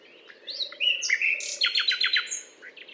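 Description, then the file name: Common nightingale song: slurred whistles leading into a quick run of loud, repeated notes, over a low background hum. Butte calcaire de Gratacap, France; 19 May 2012. "120519 rossignol-philomele-Butte-calcaire-de-Gratacap-F"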